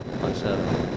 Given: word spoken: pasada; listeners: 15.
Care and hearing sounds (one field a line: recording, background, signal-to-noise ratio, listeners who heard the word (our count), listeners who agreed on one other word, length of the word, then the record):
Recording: one Spanish word in noise, from a listening test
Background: noise modulated by three-talker babble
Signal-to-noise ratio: -4.0 dB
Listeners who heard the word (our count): 0 of 15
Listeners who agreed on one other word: 10 of 15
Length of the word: 0.57 s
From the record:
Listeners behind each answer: 10, 4, 1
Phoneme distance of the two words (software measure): 10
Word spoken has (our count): 3 syllables, 6 phonemes, stress on syllable 2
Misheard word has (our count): 3 syllables, 6 phonemes, stress on syllable 2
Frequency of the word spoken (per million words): 61.36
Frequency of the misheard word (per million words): 462.01